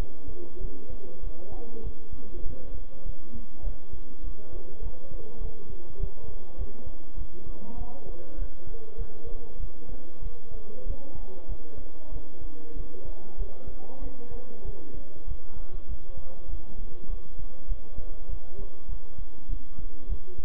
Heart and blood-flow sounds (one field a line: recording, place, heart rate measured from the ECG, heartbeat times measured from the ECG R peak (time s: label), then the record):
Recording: heart sounds by stethoscope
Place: between the tricuspid and mitral areas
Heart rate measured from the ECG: 99 bpm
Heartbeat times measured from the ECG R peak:
0.59 s: heartbeat
1.22 s: heartbeat
1.83 s: heartbeat
2.44 s: heartbeat
3.05 s: heartbeat
3.63 s: heartbeat
4.22 s: heartbeat
4.81 s: heartbeat
5.40 s: heartbeat
5.99 s: heartbeat
6.57 s: heartbeat
7.16 s: heartbeat
7.76 s: heartbeat
8.37 s: heartbeat
8.97 s: heartbeat
9.59 s: heartbeat
10.21 s: heartbeat
10.85 s: heartbeat
11.48 s: heartbeat
12.11 s: heartbeat
12.75 s: heartbeat
13.37 s: heartbeat
14.01 s: heartbeat
14.64 s: heartbeat
15.26 s: heartbeat
15.87 s: heartbeat
16.48 s: heartbeat
17.08 s: heartbeat
17.67 s: heartbeat
18.28 s: heartbeat
18.87 s: heartbeat
19.48 s: heartbeat
20.08 s: heartbeat
From the record:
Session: bicycle stress test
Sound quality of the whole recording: good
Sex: male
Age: 23 years